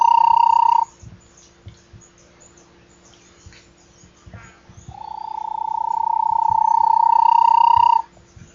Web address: Bahia tapaculo. صدای-پرنده-تپلک-باهیا